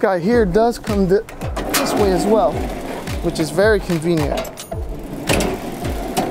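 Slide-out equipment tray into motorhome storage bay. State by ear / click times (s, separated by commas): seated / 5.3 s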